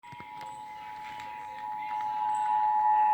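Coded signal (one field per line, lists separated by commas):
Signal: Emergency Alert System (SAME) tones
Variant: 853 and 960 Hz attention tone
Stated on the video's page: Amber Alert child abduction emergency relayed by National Weather Service Austin/San Antonio, received on TV.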